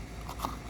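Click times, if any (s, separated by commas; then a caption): none. The old factory (OEM) fuel filler cap on a 2014 Toyota Sienna minivan is twisted closed on the filler neck, giving only short handling knocks at about 0.3 s and 0.5 s over a steady low background. No click is heard; the cap does not click shut.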